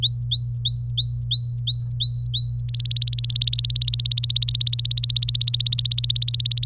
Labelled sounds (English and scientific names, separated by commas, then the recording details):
Domestic Canary (Serinus canaria) song
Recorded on 25 April 2018 at 14:48
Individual llb3